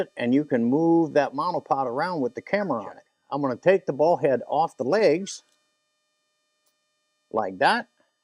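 Someone talks while handling a Sirui P 325FL carbon fiber monopod, taking the ball head off the legs before a carbon fiber monopod section is put back onto the legs/base. Speech runs until about 5.5 seconds, followed by a silent pause and a brief spoken phrase near 7.5 seconds. Nothing has seated or clicked yet.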